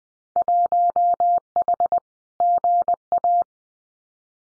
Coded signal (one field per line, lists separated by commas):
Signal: Morse code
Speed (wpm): 19 wpm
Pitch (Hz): 700 Hz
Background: none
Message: 1H GA